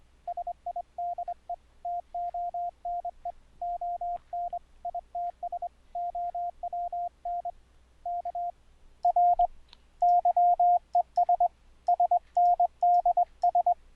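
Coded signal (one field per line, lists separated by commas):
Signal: Morse code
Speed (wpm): 20 wpm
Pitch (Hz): 700 Hz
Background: radio noise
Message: SIDETONE ON ITS OWN K R YES SNDS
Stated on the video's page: Audio CW sidetone sent over the internet using Mumble, not radio, full QSK.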